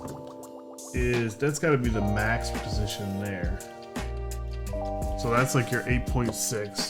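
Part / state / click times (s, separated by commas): adjustable stand leg into laptop desk hinge / not seated / none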